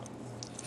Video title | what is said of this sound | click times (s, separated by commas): FJ Cruiser Optimus Prime - Assembly & Review | fit snap right in | 0.4 s